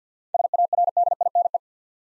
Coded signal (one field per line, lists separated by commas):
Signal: Morse code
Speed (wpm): 49 wpm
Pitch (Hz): 700 Hz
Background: none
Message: SARDINE